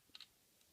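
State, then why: Seated. A plastic back piece of a transforming toy egg figure is rotated back into the figure's body and clicks into place at 0.2 s to form a spine. A sharp plastic click is followed by a second click at about 0.2 s, then near silence, and the piece ends up seated.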